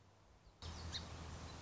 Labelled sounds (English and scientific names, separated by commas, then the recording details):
Song Sparrow (Melospiza melodia)
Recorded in Sonoma County, California